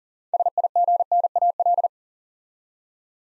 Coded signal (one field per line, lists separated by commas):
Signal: Morse code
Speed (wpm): 38 wpm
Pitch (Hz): 700 Hz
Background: none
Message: SIGNAL